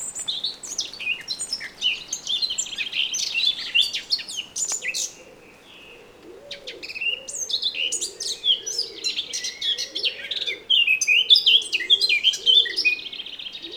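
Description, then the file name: Eurasian blackcap song: fast scratchy warbling phrases with higher clear notes, pausing midway, while a low soft cooing runs underneath in the second half. "Sylvia atricapilla"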